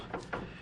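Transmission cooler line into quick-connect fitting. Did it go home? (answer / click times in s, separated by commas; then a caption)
yes / 0.1 s, 0.3 s. A metal transmission cooler line on a 1998 Jeep Cherokee XJ is pushed up into its quick-connect fitting until the internal metal clips catch. Two sharp clicks are heard at 0.1 and 0.3 seconds. The line is seated in the fitting.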